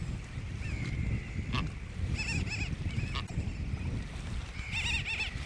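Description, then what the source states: Brown booby calls: a long, flat, thin whistle, then short wavering notes in pairs, and a final warbled whistle over steady low rumbling noise. Johnston Atoll.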